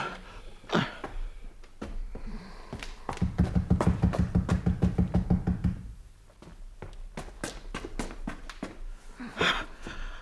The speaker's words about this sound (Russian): Послушайте, стучат.